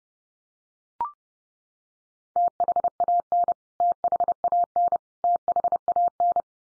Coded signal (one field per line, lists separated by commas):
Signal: Morse code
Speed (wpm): 30 wpm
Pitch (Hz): 700 Hz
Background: none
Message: THAN THAN THAN